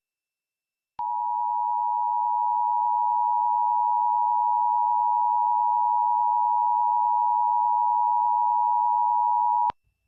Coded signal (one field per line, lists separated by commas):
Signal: Emergency Alert System (SAME) tones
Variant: 853 and 960 Hz attention tone